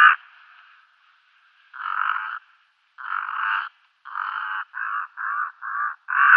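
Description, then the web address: Brown-necked raven calling with a run of harsh nasal croaks, longer at first then shorter and quicker toward the end. "Schulze Peter Brown-necked Raven"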